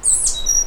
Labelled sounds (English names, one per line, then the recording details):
Stitchbird song
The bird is a male
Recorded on Tiritiri Matangi Island, New Zealand, in 2005
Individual 12, of nest box 16